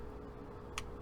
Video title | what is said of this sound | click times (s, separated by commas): Taurus Spectrum 380 : Galloway Precision Stainless Guide Rod & Spring Review | we hear a click and it just slightly moves forward no touching the trigger we're gonna pull it off | 0.8 s